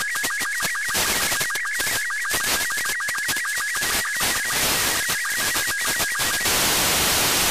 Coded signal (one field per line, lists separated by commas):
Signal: SSTV (slow-scan television)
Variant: Robot 36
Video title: SSTV Reception from UMKA satellite